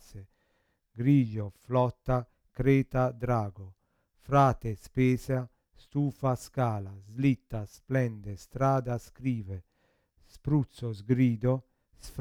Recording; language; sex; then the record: read list of words; Italian; male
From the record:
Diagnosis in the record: Parkinson's disease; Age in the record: 50 years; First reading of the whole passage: 72 s, 7.2 characters per second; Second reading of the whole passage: 54 s, 9.6 characters per second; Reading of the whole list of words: 40 s, 7.1 characters per second